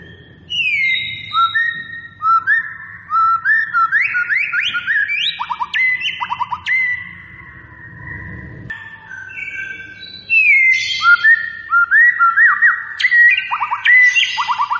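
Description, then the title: White-rumped shama song with bright whistled phrases, upward slides and quick trills in two bursts separated by a brief quieter gap; low rumbling noise underneath. Lure recording of a gacor bird, singing continuously and persistently. "PANCINGAN MURAI BATU GACOR"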